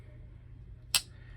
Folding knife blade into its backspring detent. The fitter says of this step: you can just hear it pop in each position